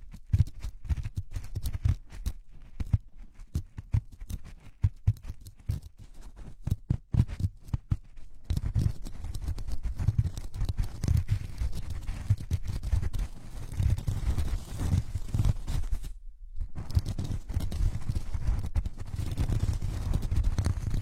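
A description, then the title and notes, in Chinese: Gloves being handled, producing rapid low thumps, taps and rubbing. For the first eight seconds the sounds come as separate clicky knocks; after that they blur into a dense, continuous scuffing, broken by a brief silence around sixteen seconds. 手套 使用6种不同手套为你耳膜按摩。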